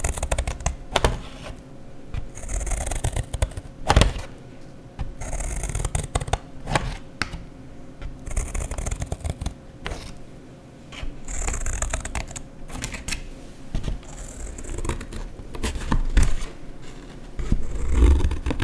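Paper is cut and torn in a busy run of crisp, irregular snips and rustles, with bright hissing tears and low thumps throughout.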